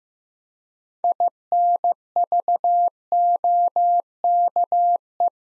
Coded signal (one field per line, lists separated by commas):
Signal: Morse code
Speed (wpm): 15 wpm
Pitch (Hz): 700 Hz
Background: none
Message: INVOKE